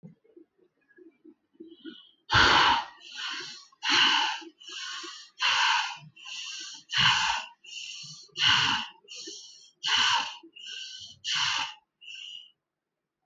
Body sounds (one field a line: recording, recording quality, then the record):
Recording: shallow breathing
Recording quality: excellent, no background noise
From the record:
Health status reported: healthy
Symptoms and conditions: none ticked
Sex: male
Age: 30 years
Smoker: not ticked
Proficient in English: no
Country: India